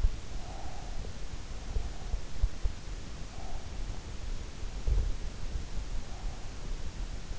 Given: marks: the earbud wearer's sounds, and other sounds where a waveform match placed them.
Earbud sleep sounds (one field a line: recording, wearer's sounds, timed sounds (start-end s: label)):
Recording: sounds in sleep by an in-ear microphone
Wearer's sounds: breath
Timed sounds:
0.32-2.17 s: breath
3.09-5.01 s: breath